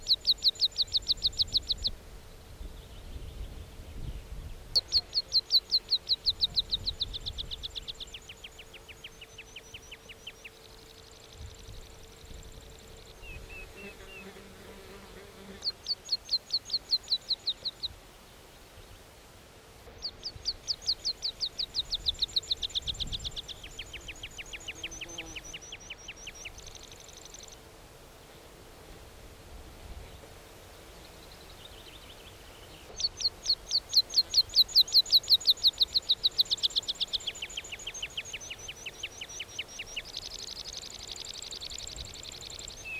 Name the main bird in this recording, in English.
Meadow Pipit